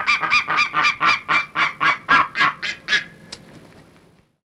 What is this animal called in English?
Steller's Sea Eagle